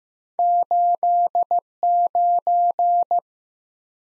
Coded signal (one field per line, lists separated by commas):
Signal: Morse code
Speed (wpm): 15 wpm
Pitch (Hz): 700 Hz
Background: none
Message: 89